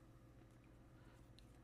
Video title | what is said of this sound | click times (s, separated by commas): XP PRO 9mm Review & Unboxing - INSANE Value | You can hear it click into place, but it will not | 1.4 s